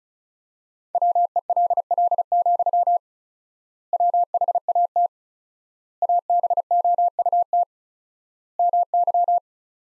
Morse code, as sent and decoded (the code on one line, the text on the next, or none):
.-- . .-.. .-.. --..-- / .-- .... .- - / .- -... --- ..- - / -- -.--
WELL, WHAT ABOUT MY